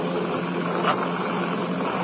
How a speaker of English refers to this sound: I hear airplanes. Bombers. They're headed this way. What does that mean? They're either German Stukas returning from a raid over England or British Lancasters.